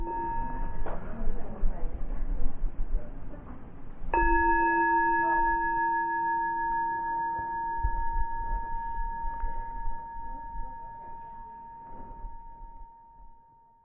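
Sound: meditation bell ringing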